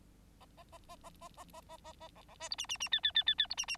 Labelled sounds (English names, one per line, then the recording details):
Bengalese Finch song
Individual Bird9